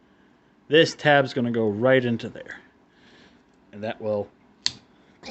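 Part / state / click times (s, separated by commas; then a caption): plastic tab into a slot on a transforming robot toy / seated / 4.7 s. Someone talks while a plastic tab is pushed into its slot on a transforming robot toy, a Transformers Legacy Velocitron Speedia 500 Voyager Class Override figure, during its conversion. After the talking, a sharp click at 4.7 s marks the tab seating into place.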